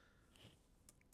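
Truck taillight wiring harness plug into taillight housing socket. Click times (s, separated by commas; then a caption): 0.9 s. A plastic multi-prong taillight wiring plug from the truck harness is pushed into the socket on an aftermarket Morimoto Gen 2 XB taillight for a 2015-2020 Ford F150. After a faint tick at 0.4 s, a sharp click is heard at 0.9 s as the connector seats fully.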